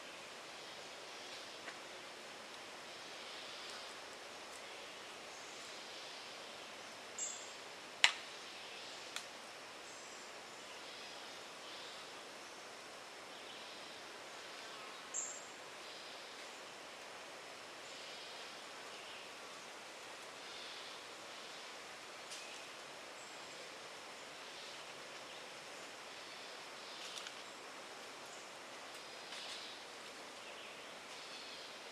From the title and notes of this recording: Recorded April 12th at Wekiva River Conservation Area, on the northern edge of suburban Orlando, Florida.